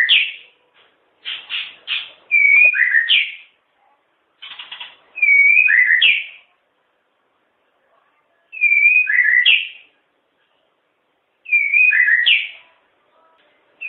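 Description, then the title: White-rumped shama song: loud clear whistled phrases, a similar swooping two-part motif repeated roughly every three seconds, with short notes between. Long chirping song. "kicau murai batu panjang"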